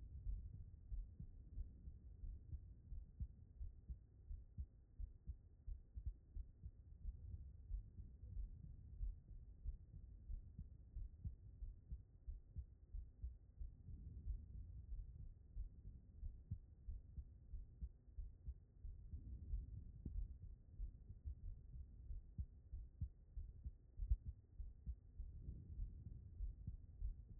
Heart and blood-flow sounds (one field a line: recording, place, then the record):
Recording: heart sounds by stethoscope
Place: aortic valve (AV)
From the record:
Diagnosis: non-HFrEF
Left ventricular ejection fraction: 58%